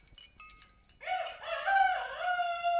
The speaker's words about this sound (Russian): Не волнуйтесь, капитаны, это кричит мой морской петух. Нет, Мюнхгаузен, петух вполне сухопутный.